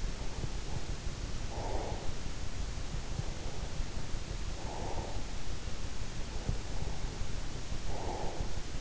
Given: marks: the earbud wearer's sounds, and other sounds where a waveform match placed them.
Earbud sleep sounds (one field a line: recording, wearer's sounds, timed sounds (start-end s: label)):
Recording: sounds in sleep by an in-ear microphone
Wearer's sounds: breath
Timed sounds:
0.10-2.38 s: breath
3.16-5.69 s: breath
6.41-8.81 s: breath